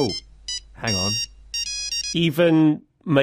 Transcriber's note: phone rings